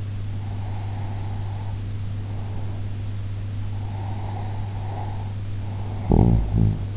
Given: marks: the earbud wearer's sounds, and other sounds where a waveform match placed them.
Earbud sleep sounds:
sounds in sleep by an in-ear microphone; breath, snoring breath
0.40-2.91 s: breath
3.63-6.97 s: snoring breath

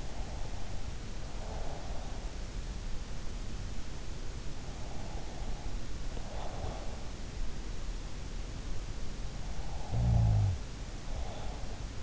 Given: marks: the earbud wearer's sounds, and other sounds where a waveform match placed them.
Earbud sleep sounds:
sounds in sleep by an in-ear microphone; breath, snoring breath
0.00-2.19 s: breath
4.82-7.11 s: breath
9.69-12.02 s: snoring breath

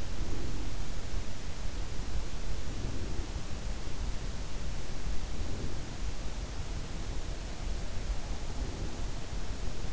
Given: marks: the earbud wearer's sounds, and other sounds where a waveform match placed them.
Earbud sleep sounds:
sounds in sleep by an in-ear microphone; breath
0.00-1.00 s: breath
2.52-3.48 s: breath
5.18-6.11 s: breath
8.22-9.33 s: breath

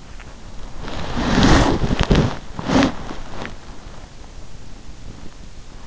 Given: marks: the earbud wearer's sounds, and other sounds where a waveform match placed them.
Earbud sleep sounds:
sounds in sleep by an in-ear microphone; body movement
0.45-4.05 s: body movement

